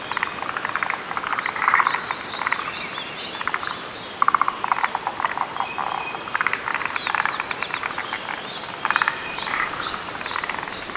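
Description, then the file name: Forest green tree frog chorus of fast clucking rattles, nearly continuous overlapping bursts, with some brief higher chirps mixed in. "Rhacophorus arboreus"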